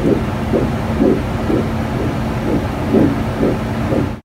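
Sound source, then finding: Fetus by ultrasound Doppler. Fetal heartbeat on Doppler.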